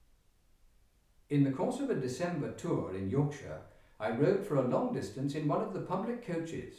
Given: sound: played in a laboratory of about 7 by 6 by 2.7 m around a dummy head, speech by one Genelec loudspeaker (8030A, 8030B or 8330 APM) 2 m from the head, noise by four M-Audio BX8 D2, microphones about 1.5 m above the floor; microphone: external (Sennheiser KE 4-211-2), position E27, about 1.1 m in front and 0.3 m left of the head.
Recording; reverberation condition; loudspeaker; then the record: male speech in English; medium; 90 degrees to the left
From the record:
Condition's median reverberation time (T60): about 510 ms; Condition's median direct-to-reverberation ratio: about -0.5 dB